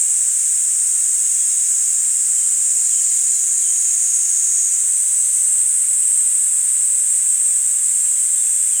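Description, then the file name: Kaempfer cicada song as a long, even, high electric-sounding buzz, shifting slightly in tone halfway, with nothing else clearly heard. "Platypleura kaempferi"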